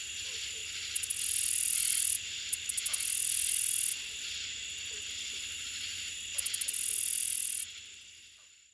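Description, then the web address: Handsome meadow katydid sings three phrases, each a few sharp high ticks leading into a sustained shrill buzz of about one second, over a constant high hiss. "The Songs of Insects. Handsome Meadow Katydid"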